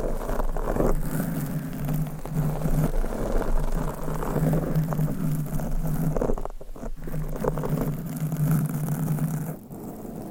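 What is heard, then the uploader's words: Microphone scratching: rough, dense rubbing and scraping that runs the whole ten seconds, broken by sharper scrapes and brief dips near six and seven seconds. A steady low hum sits underneath throughout, and the noise eases off in the last second. ASMR Mic Scratching - Brain Scratching with 6 Mics Asmr No Talking for Sleep with Long Nails.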